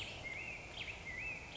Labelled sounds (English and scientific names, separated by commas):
Black-headed Grosbeak (Pheucticus melanocephalus)